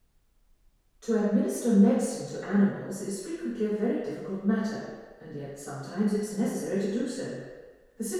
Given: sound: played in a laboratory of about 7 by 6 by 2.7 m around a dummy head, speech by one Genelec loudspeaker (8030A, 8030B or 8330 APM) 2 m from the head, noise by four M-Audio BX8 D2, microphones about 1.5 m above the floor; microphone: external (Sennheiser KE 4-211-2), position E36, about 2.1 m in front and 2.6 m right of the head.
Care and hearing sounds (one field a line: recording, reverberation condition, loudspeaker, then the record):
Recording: female speech in English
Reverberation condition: high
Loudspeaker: 60 degrees to the left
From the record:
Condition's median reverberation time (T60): about 1300 ms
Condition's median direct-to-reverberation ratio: about -4.0 dB